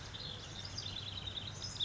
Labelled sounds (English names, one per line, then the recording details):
House Wren
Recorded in Sonoma County, California